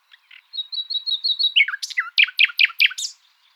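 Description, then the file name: Common nightingale song: a run of repeated thin flat whistles, then loud descending slurred notes repeated several times. "Luscinia megarhynchos"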